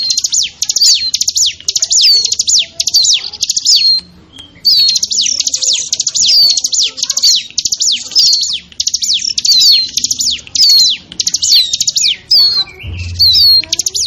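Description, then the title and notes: Bar-winged prinia calls: dense, high, rapid bursts of sharp descending chirps, repeated almost without pause, with short gaps near four and twelve seconds. Lure recording of noisy small-bird calls used to attract wild birds; local name ciblek. "Suara Pikat Burcil Ribut. Burung Liar. ciblek"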